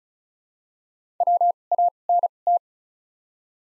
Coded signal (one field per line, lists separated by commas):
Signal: Morse code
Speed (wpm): 34 wpm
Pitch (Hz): 700 Hz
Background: none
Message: W A N T